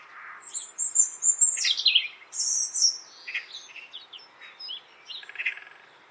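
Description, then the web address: Bird calls, high scratchy chirps and sliding whistled notes tumbling together, then softer scattered twitters. "cianscape birddata Deverinetal"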